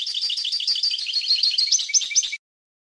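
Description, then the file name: European goldfinch song, a fast run of high twittering notes that ends in a few louder, liquid chirps, with no other sounds. "audio burung goldfinch"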